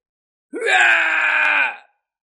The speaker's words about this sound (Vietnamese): Một tiếng hét thảm phát ra, vị cổ thánh này giãy giụa kịch liệt nhưng lại khó có thể tránh thoát.